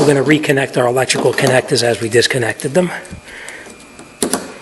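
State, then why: Seated. Someone talks about reconnecting electrical connectors, then a fuel pump electrical connector on a 1994-2004 Mustang is pushed onto the pump module on the fuel tank. After quieter handling sounds, a sharp snap at 4.2 s marks the connector seating.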